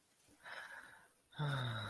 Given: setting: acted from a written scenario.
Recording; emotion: vocal sound without words; desire